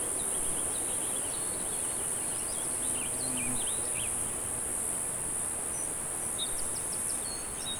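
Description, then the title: A continuous high-pitched cicada whine runs without pause, with scattered bird chirps and short whistled notes through the first half and near the end. "neoscenes: cicadas"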